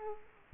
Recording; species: mosquito wingbeat signal from an infrared sensor; Culex quinquefasciatus